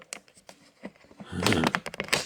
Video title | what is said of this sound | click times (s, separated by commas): Loading 8 mm tape into a BambooFeeder AS1.1 | let's get you clicked back in here | 1.7 s, 2.0 s